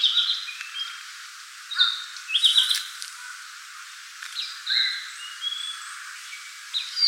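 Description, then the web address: Narcissus flycatcher song: short bright whistled phrases, some warbled or trilled, between mid and high pitch, given in bursts every second or two. "birdenaga kibitaki"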